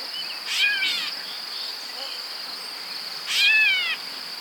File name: Dumetella carolinensis - Grey Catbird